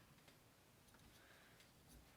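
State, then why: Not seated. A Swarovski 115mm spotting scope objective module is rotated on the bayonet mount of the scope base, producing faint, soft ticking and rubbing handling sounds over a steady low background. The release button has not clicked out, so the module is not fully in, and nothing has seated or clicked yet.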